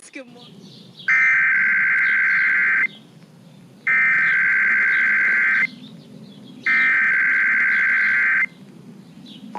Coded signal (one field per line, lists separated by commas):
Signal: Emergency Alert System (SAME) tones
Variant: header bursts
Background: speech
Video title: [EAS #71-75] San Francisco's May RMT's